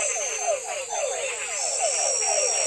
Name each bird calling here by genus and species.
none